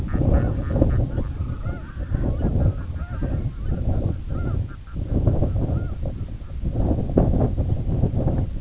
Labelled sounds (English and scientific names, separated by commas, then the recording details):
Red-throated Loon (Gavia stellata), unidentified sound
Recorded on Arctic tundra, site IGLO-A, on 17 June 2018
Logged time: 19:59